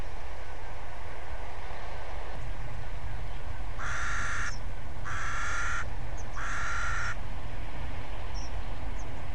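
Bird giving three harsh, raspy caws in quick succession, over steady low rumbling background noise.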